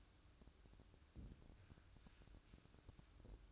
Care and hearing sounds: daily activity, microphone in the room; place on stove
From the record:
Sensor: 2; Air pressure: 1007.8 hPa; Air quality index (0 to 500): 104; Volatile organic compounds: 1 ppm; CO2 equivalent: 784 ppm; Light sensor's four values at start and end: 6/15/6/6 and 6/15/6/6

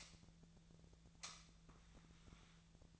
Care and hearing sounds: daily activity, microphone in the room; light on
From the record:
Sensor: 3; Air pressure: 1009.8 hPa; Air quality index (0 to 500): 190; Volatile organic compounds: 14 ppm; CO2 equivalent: 2472 ppm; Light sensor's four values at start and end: 39/97/42/44 and 46/120/51/52

